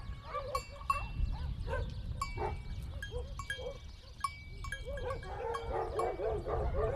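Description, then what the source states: Dogs barking in scattered bursts while bells ring, with a low rumble underneath and a denser cluster of barks toward the end. Dogs recorded on Spetses.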